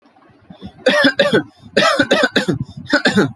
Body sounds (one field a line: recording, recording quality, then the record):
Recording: shallow voluntary cough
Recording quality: excellent, no background noise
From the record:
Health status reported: healthy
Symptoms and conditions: none ticked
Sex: male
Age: 20 years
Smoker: not ticked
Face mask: not worn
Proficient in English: yes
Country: India